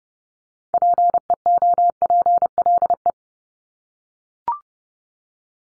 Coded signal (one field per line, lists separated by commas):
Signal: Morse code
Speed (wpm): 30 wpm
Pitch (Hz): 700 Hz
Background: none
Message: PEOPLE